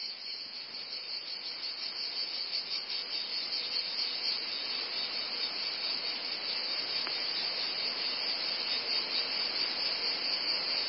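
Cicada buzz: a steady, harsh, high drone throughout.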